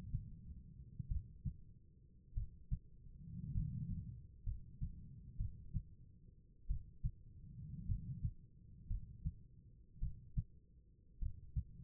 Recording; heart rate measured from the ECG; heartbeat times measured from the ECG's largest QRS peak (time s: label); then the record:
heart sounds by stethoscope; 53 bpm
1.08 s: heartbeat
2.34 s: heartbeat
3.53 s: heartbeat
4.44 s: heartbeat
5.37 s: heartbeat
6.67 s: heartbeat
7.86 s: heartbeat
8.88 s: heartbeat
9.99 s: heartbeat
11.19 s: heartbeat
From the record:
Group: healthy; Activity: rest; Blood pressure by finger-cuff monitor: 101/64 mmHg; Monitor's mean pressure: 75 mmHg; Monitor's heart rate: 50 bpm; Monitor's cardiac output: 4.4 L/min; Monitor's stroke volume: 80 mL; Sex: female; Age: 36 years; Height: 163 cm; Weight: 88 kg